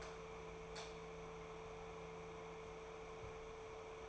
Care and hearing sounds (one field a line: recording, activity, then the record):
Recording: daily activity, microphone in the room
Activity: light on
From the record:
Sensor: 1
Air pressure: 1014.7 hPa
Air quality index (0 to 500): 178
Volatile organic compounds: 15 ppm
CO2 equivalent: 2518 ppm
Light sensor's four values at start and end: 21/52/21/25 and 21/58/23/26